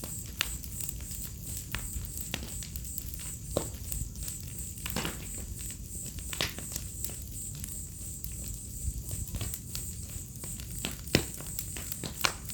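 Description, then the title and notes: Crickets trill steadily in a high thin chorus; irregular crackling pops of a fire and a low rumble run beneath. Crickets chorusing on an autumn night beside a crackling bonfire, in a village within the Mata Atlântica rainforest. "Fogueira, grilos e estalar do fogo. Ouça ao estalar do fogo e uma sinfonia de grilos em uma noite de outono. Vila em meio a Mata Atlântica"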